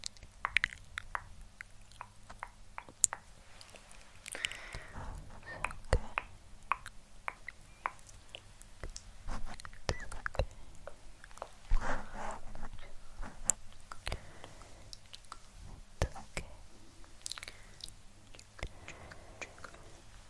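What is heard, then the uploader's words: Wet mouth sounds and tongue clicks crackle in a dense, irregular stream, with scattered sharp ticks and brief louder bursts over a faint low hum. INTENSE LAYERED SOUNDS~ Helping You SleepRelax(Mouth Sounds, Scratching, Tongue Clicking).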